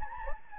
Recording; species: mosquito wingbeat signal from an infrared sensor; Anopheles gambiae